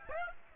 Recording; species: mosquito wingbeat signal from an infrared sensor; Aedes aegypti